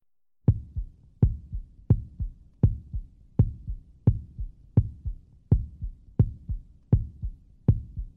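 Steady lub-dub human heartbeat, about 83 beats a minute, regular and normal; a hospital sound effect.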